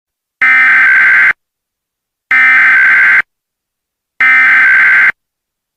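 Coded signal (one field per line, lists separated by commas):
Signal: Emergency Alert System (SAME) tones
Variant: header bursts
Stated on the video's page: Mock, simulated Amber Alert for all of Colorado.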